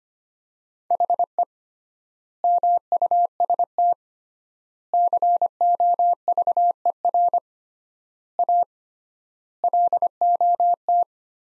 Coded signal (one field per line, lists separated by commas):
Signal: Morse code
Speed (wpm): 25 wpm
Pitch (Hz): 700 Hz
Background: none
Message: HE MUST COVER A LOT